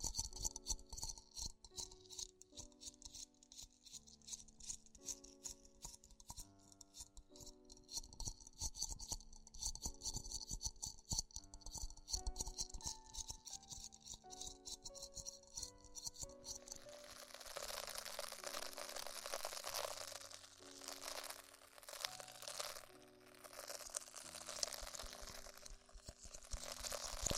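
Ear exploration sounds of rapid, dense tapping and rustling, with steady tones underneath, turning brighter and hissier after about sixteen seconds.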